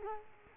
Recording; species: mosquito wingbeat signal from an infrared sensor; Culex quinquefasciatus